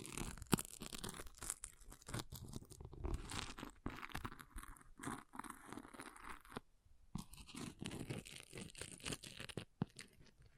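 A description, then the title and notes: An object is scratched and scraped in a busy, uneven run of rough strokes, with rasping, tearing-like bursts filling most of the clip. Sharp louder hits stand out near the start and around the ten-second mark, and a brief near-silent gap falls around six and a half seconds. ASMR Brain Melting Object Scratching (No Talking).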